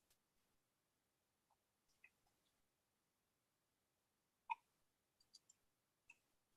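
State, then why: Seated. A laser-cut inner doorway piece is pressed into the wall of a scale model building, its tight top tab resisting amid faint small taps and ticks. At 4.5 s it snaps into place with a sharp, bright click, followed by a few lighter clicks as the piece settles, leaving the doorway seated in the wall.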